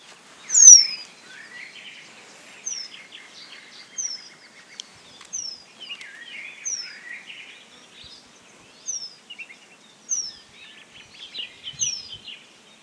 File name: White-crowned Penduline Tit